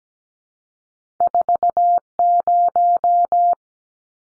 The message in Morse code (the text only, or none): 40